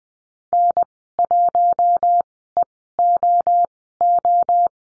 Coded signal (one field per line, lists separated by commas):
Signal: Morse code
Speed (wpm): 20 wpm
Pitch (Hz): 700 Hz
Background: none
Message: N1EOO